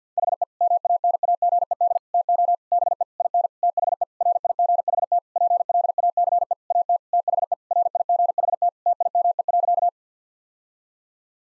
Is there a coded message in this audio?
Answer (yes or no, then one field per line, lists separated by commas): yes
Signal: Morse code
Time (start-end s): 0.2-9.9 s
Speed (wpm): 50 wpm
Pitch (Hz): 700 Hz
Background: none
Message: HE MANAGED TO BE IN THE RIGHT PLACE AT THE RIGHT TIME.